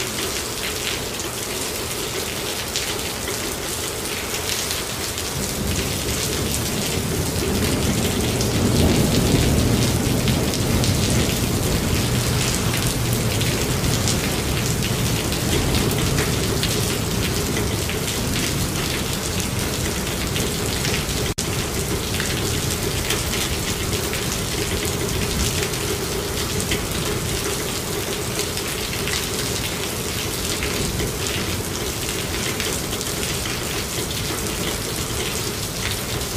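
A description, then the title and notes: Steady, dense rain patters on a garage roof, with a low rumbling swell from about five to fifteen seconds before settling back. Capturing the mesmerizing sound of raindrops falling onto a garage roof. This audioscape seamlessly combines the steady, tactile rhythm of rainfall with the reverberating echoes unique to a garage setting. Rain on Garage.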